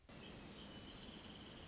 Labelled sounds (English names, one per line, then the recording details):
Wrentit
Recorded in Sonoma County, California